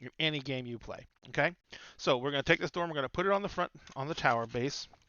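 Someone talks while a 3D-printed plastic tower piece is handled, about to be pushed onto the front of the printed tower base. Nothing has seated or clicked yet.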